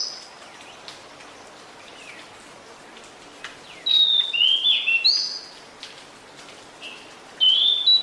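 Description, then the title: Pied Bushchat song: a quick phrase of clear whistled notes, followed a couple of seconds later by a shorter whistled phrase, over steady background hiss. Decu song used to fix a captive bird that has stopped singing; a territorial, fighting-type bird. "Mengatasi burung decu yang macet bunyi"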